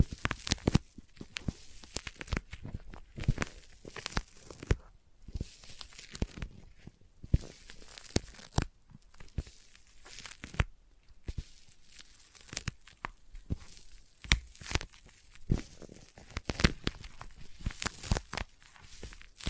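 Sticky tapping fills the whole stretch, a dense run of sharp, crackling peels and clicks that burst in uneven clusters with brief gaps. Each contact has a tacky, tearing snap, bright on top with some low thump, and the pace stays busy throughout.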